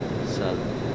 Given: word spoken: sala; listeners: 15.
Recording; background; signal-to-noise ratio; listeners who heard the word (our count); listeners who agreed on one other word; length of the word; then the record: one Spanish word in noise, from a listening test; speech-shaped noise; -4.7 dB; 1 of 15; 6 of 15; 0.55 s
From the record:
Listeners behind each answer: 6, 2, 1, 1, 1, 1, 1, 1, 1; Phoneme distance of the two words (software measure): 17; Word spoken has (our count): 2 syllables, 4 phonemes, stress on syllable 1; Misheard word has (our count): 2 syllables, 5 phonemes, stress on syllable 1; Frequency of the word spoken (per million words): 108.31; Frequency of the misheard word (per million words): 30.14